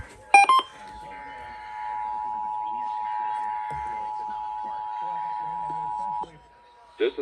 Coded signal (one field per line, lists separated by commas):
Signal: Emergency Alert System (SAME) tones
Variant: 853 and 960 Hz attention tone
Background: speech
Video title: To Start off December… (San Luis Obispo County Monthly EAS Test) (12/1/22) (EAS #562-580)